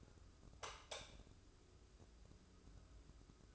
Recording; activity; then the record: daily activity, microphone in the room; light on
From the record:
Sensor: 2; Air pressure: 995.2 hPa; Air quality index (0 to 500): 70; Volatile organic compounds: 2 ppm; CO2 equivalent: 1199 ppm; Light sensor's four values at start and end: 8/18/7/8 and 12/36/14/14